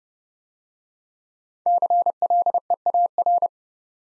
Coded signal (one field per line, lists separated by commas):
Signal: Morse code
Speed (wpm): 30 wpm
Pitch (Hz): 700 Hz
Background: none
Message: CLEAR